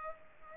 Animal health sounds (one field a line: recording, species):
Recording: mosquito wingbeat signal from an infrared sensor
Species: Culex pipiens